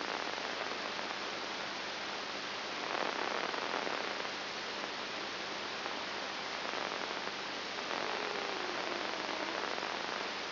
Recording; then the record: brain microelectrode recording played as sound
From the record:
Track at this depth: inside the subthalamic nucleus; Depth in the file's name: 5.101 mm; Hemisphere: left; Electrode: 3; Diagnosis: Parkinson's disease